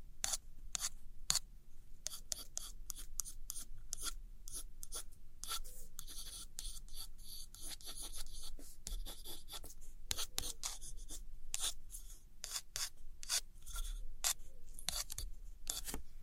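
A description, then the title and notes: Gentle scratchy tapping and tracing on old postcards, with sharp little ticks and scrapes scattered irregularly across the whole stretch, sometimes in quick bunches. Between them runs a soft, dry rubbing texture over a low, steady hum underneath. Tracing And Gentle Scratchy Tapping On Old Postcards.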